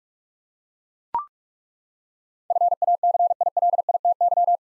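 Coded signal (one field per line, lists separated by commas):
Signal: Morse code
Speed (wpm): 41 wpm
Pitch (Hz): 700 Hz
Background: none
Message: FACILITY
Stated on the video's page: Computer-generated Morse head-copy drill of eight-letter words at 45 wpm, each word sent, then spoken, then sent again.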